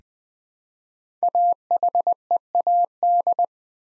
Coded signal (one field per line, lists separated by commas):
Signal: Morse code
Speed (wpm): 20 wpm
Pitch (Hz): 700 Hz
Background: none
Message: AHEAD